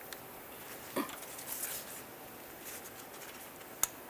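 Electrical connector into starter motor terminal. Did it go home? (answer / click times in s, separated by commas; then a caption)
yes / 3.8 s. An electrical connector is slid onto the new starter motor terminal of a 2009-2020 Dodge Journey and pressed in, with a red locking tab to lock it. Soft handling and rustling sounds come first, then a loud, sharp click at 3.8 s as the connector seats.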